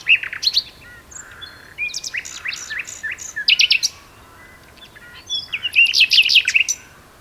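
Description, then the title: Common nightingale song: bright whistled notes and clipped chattering phrases, a lull around four seconds, then a loud burst of rapid rich notes. Two birds singing a duet on Westleton Heath. "sanderson. nightingale duet on westleton heath"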